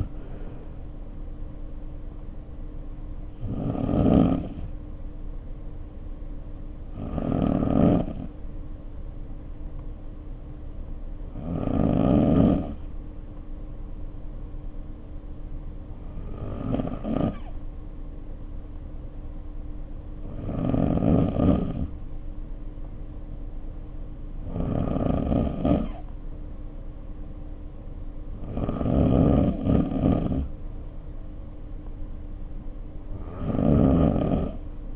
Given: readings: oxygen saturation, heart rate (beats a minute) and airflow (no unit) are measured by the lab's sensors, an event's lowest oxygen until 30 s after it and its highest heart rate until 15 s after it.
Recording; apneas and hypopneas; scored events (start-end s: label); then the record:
breathing in sleep by a smartphone at the bedside; 1
9.00-28.80 s: hypopnea (N2, oxygen 96% highest, then 91% lowest, heart rate 55 at the start, 59 highest)
From the record:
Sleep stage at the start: N2 (light sleep); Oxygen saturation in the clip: 92 to 96%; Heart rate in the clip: 51 to 59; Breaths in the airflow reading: 8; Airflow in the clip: -2.5 to 1.9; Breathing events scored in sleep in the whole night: 520 in 7.2 hours asleep